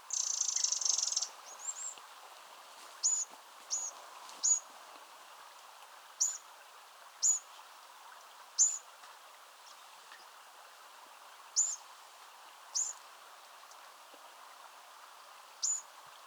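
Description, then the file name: Eurasian wren giving a brief harsh rattle, then sharp high tick notes repeated irregularly with pauses, against soft background hiss. "Troglodytes troglodytes"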